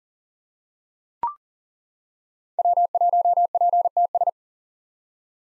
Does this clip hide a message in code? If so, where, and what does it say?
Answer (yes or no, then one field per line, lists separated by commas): yes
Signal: Morse code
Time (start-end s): 2.6-4.3 s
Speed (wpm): 40 wpm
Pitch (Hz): 700 Hz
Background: none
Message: W1PTS